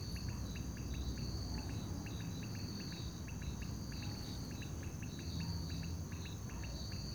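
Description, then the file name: Crickets chirping in short repeated pulse pairs and triplets, a steady high buzzing band above, with a low rumble of traffic beneath. Crickets at a lake at night, with distant traffic. "Sapos no lago a noite com grilos e transito longe"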